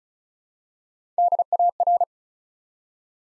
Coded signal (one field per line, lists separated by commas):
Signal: Morse code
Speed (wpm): 35 wpm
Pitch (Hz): 700 Hz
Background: none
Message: DAR